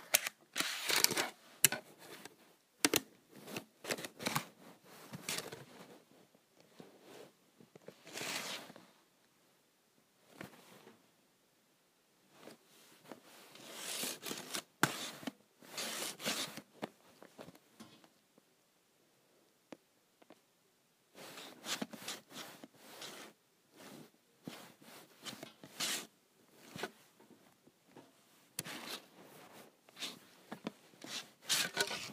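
Someone scratches at a calculator in short, bright bursts of dry scraping, some quick and clustered, others longer strokes. Activity is dense in the first eight seconds, thins out around ten to twenty seconds, then picks up again with repeated rapid scratches toward the end.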